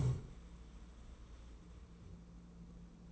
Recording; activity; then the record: daily activity, microphone in the room; stand up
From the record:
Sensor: 1